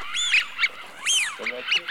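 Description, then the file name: Eurasian wigeon whistles: two arched, slurred whistles rising then falling and several shorter whistled notes, with a brief lower stuttering call in the second half. Recorded for an electronic hunting decoy caller. "Свиязь Fischione"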